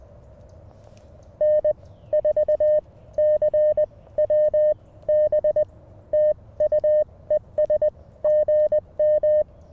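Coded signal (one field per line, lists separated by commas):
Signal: Morse code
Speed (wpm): 20 wpm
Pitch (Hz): 590 Hz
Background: none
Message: N4CWB TU ES GM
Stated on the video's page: Portable CW on a Mountain Topper MTR5B during a Parks on the Air activation, rough keying on a pressure paddle, sidetone loud.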